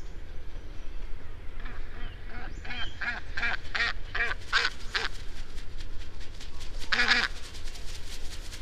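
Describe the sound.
Australian white ibis giving a run of harsh, hoarse honking grunts in quick succession, then a single louder croak after a pause, over steady low rumbling background noise.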